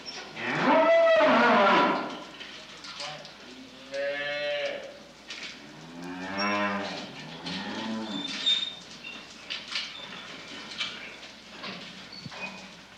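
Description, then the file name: Cows lowing: a loud drawn-out moo at the start, then several softer moos. "Sony Music Special - Cows"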